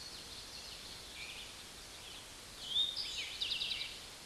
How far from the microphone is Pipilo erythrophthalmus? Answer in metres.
about 35 m